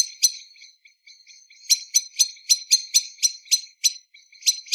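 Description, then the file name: Common blackbird giving sharp, clicking chink calls: a couple at the start, then a long, quick run. "Turdus merula"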